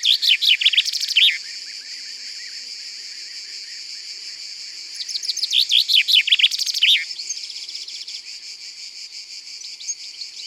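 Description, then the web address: Common chaffinch song, two phrases of quick descending notes about five seconds apart, over a continuous high background hiss. "Pinson des arbres. abc de la nature"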